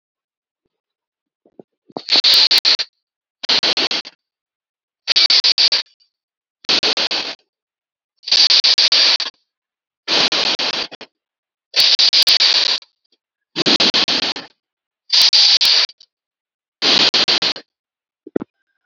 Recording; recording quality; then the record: deep breathing; moderate, slight background noise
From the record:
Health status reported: healthy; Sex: male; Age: 25 years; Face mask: not worn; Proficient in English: yes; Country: India